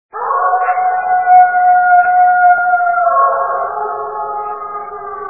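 Wolf howling: one long, steady, slightly wavering howl held for about five seconds.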